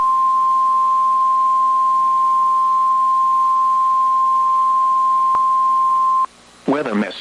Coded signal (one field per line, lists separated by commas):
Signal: Emergency Alert System (SAME) tones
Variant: 1050 Hz attention tone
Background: speech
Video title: Severe Thunderstorm Watch EAS#505